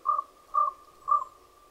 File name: raven